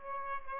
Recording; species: mosquito wingbeat signal from an infrared sensor; Aedes aegypti